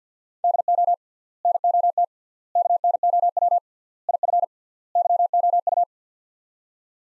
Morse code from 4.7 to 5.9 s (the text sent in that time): YOU